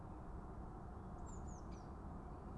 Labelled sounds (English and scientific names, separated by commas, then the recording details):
Eurasian Blue Tit (Cyanistes caeruleus)
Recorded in Germany
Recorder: ecoPi